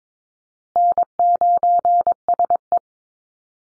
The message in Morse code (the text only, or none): N9SE